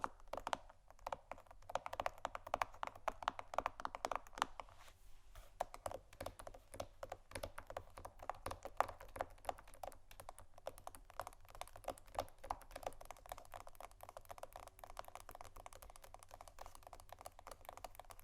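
Scratching and tapping on canisters, a dense, fast patter of crisp clicks and scrapes with a steady low hum underneath and a brief lull near five seconds.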